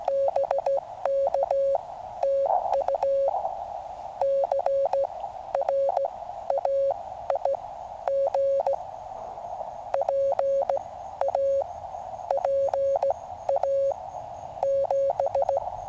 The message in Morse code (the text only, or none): BK TU CRAIG PA PA 7